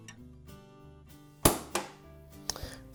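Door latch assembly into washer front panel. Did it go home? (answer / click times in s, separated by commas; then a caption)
yes / 1.5 s. A replacement plastic door latch assembly is pushed into its opening in a washer's front panel with background music playing. It seats with a sharp snap at 1.4 s, followed by a softer knock at 1.8 s and light clicks near 2.5 s.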